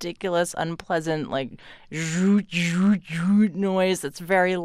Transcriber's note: imitating pump